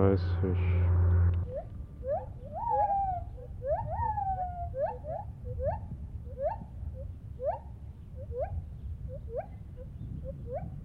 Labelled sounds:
Lar Gibbon (Hylobates lar)

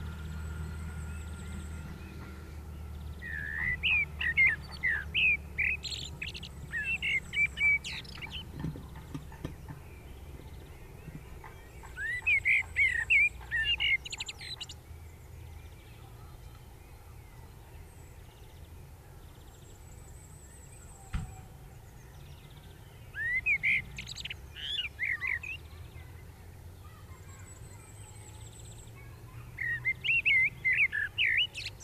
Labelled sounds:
Common Blackbird (Turdus merula) song

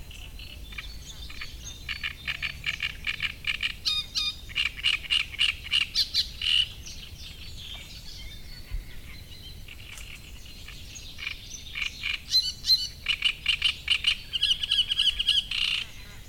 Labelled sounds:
Great Reed Warbler (Acrocephalus arundinaceus)

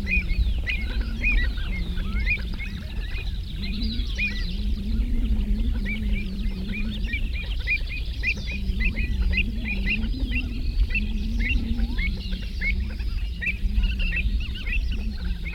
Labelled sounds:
Pied Avocet (Recurvirostra avosetta) call

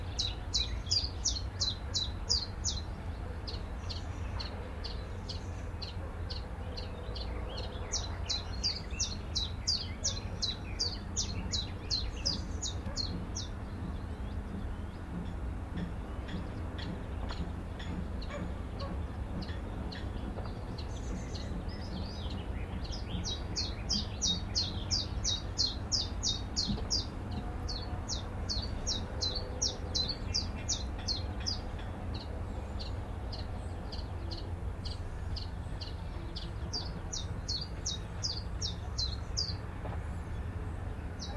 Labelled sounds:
Willow Warbler (Phylloscopus trochilus)

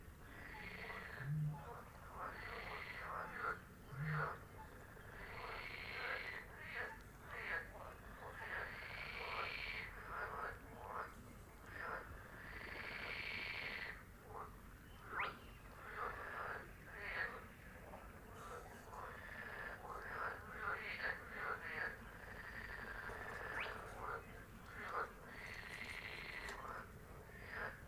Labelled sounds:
Spotted Crake (Porzana porzana)

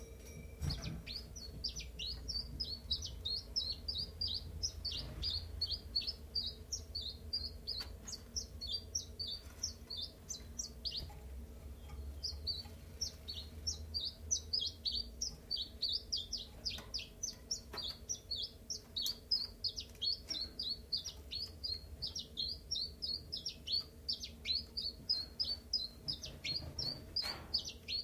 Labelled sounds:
Common Chiffchaff (Phylloscopus collybita)

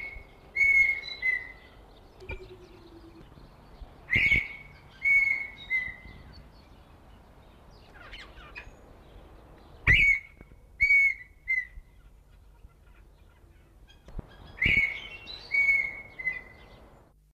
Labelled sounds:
Red-winged Tinamou (Rhynchotus rufescens) call

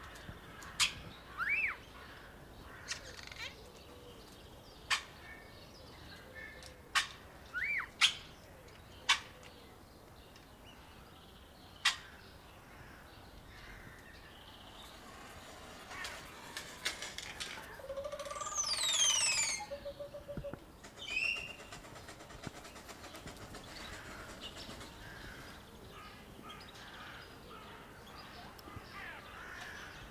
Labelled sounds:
Crested Oropendola (Psarocolius decumanus)

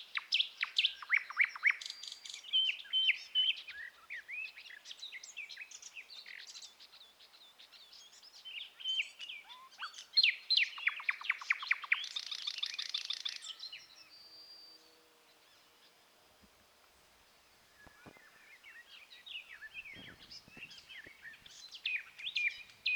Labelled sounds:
Thrush Nightingale (Luscinia luscinia) song

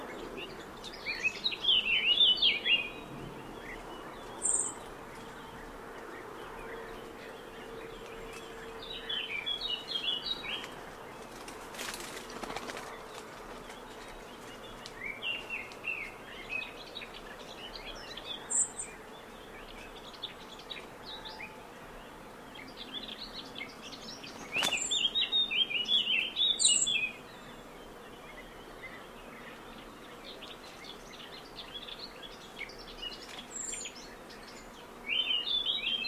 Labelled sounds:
Eurasian Blackcap (Sylvia atricapilla) song

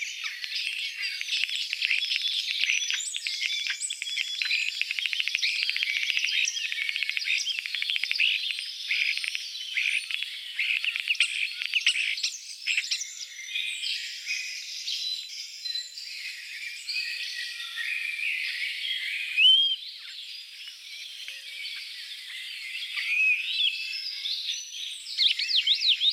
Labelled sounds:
European Starling (Sturnus vulgaris) song

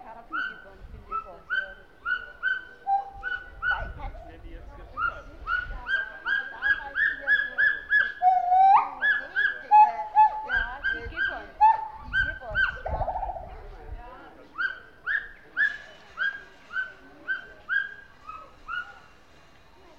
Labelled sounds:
Pileated Gibbon (Hylobates pileatus)

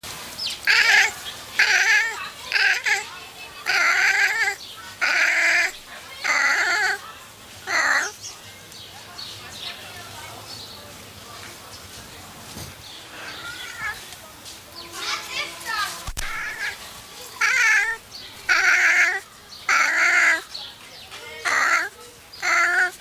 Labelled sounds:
Wildcat (Felis silvestris) call

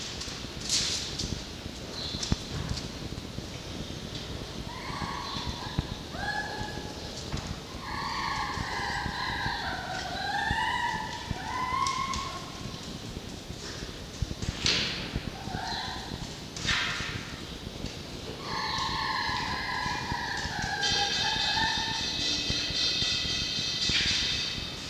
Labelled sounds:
Red Fox (Vulpes vulpes)

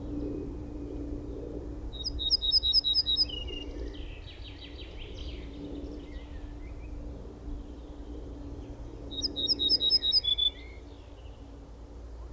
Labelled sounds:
Ortolan Bunting (Emberiza hortulana) song

